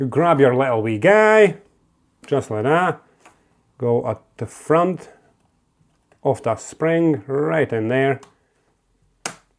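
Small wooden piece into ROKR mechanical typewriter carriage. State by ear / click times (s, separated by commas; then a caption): seated / 9.3 s. A small wooden piece is pushed straight in at the front of the spring on a ROKR mechanical typewriter carriage while someone talks. A single sharp click at 9.3 s shows the piece seating in place.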